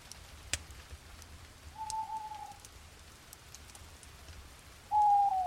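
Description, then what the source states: Owl with two smooth, level-to-falling tonal calls, the second much louder, over a bed of rain and a few sharp cracks. Owl with rain and a campfire.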